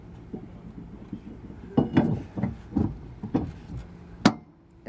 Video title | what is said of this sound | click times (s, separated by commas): How to Install: Stealth Hitches Hidden Trailer Hitch Receiver w/ Towing Kit on your 2022 BMW X3 | when you push up you're going to hear that nice clunking sound that means that it's locked in place and you're ready to go now | 4.3 s